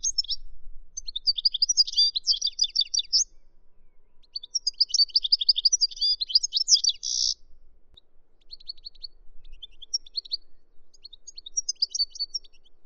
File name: suara eropa goldfinch omkicau